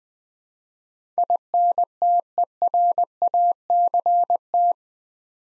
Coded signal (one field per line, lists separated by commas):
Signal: Morse code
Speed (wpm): 20 wpm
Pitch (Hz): 700 Hz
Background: none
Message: INTERACT